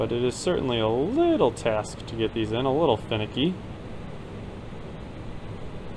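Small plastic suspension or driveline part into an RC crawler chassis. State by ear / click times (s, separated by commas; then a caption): not seated / none. Someone talks while working a small plastic suspension or driveline part into position on an SCX24 RC crawler's Warthog chassis; the fit is finicky and the part is being lined up before it is pushed in. Speech fills the first three and a half seconds, then a steady low background hum continues. Nothing has seated or clicked yet.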